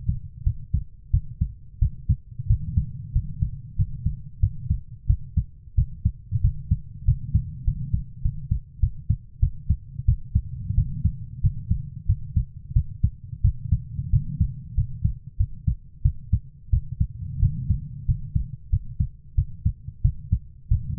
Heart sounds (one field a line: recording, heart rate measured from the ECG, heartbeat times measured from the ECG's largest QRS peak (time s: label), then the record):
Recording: heart sounds by stethoscope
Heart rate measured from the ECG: 92 bpm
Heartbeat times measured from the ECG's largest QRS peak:
0.44 s: heartbeat
1.11 s: heartbeat
1.79 s: heartbeat
2.47 s: heartbeat
3.13 s: heartbeat
3.76 s: heartbeat
4.40 s: heartbeat
5.07 s: heartbeat
5.75 s: heartbeat
6.41 s: heartbeat
7.05 s: heartbeat
7.65 s: heartbeat
8.22 s: heartbeat
8.80 s: heartbeat
9.40 s: heartbeat
10.06 s: heartbeat
10.75 s: heartbeat
11.41 s: heartbeat
12.06 s: heartbeat
12.73 s: heartbeat
13.42 s: heartbeat
14.10 s: heartbeat
14.75 s: heartbeat
15.37 s: heartbeat
16.02 s: heartbeat
16.70 s: heartbeat
17.40 s: heartbeat
18.06 s: heartbeat
18.70 s: heartbeat
19.35 s: heartbeat
20.02 s: heartbeat
20.69 s: heartbeat
From the record:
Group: healthy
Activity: rest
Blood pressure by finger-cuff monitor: 131/80 mmHg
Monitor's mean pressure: 97 mmHg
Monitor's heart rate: 91 bpm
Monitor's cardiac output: 7.3 L/min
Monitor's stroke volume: 79 mL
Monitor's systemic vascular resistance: 990 dyn s/cm5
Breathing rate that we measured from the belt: 17 breaths a minute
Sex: female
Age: 24 years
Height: 163 cm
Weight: 55.7 kg